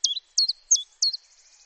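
Common chiffchaff singing four quick, high, clipped notes in an even rhythm, followed by a faint high trill.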